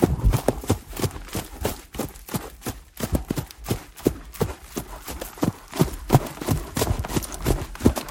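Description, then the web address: Trotting horse, a run of soft dull hoof strikes, quick and somewhat uneven. Horse's feet trotting on grass at a steady pace. "chevalpiedstrotherbesteady"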